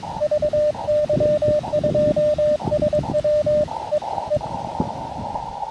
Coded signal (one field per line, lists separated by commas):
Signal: Morse code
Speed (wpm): 23 wpm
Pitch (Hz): 600 Hz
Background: radio noise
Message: VY2SW E E